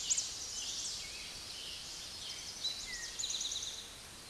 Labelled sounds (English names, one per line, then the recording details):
Eastern Towhee song
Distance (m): 40 m
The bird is about 5 m above the microphone
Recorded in a Pennsylvania forest on 16 May 2024 at 06:14
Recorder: AudioMoth, point MSD-0475
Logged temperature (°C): 12.3 °C
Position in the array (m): 110 m, 7 m